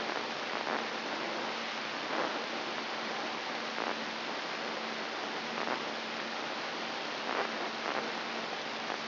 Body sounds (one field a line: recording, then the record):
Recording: brain microelectrode recording played as sound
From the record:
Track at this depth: inside the subthalamic nucleus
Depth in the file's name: 5.337 mm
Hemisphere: right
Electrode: 3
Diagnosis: Parkinson's disease